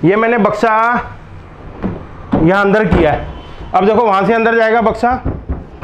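A carpenter pushes the pull-out wooden box of a 6'x6' sofa-cum-bed into the sofa frame, toward a tapered wooden strip where it is meant to jam and lock. A man talks throughout, with a brief knock at about 1.8 s. Nothing has seated or clicked yet.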